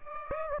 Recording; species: mosquito wingbeat signal from an infrared sensor; Aedes aegypti